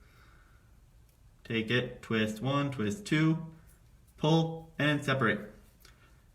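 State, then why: Seated. A metal scale is twisted and worked onto a small jump ring for a graduated-scales chain maille necklace while someone talks. A short, sharp metallic click at 5.9 s marks the scale popping into place on the ring.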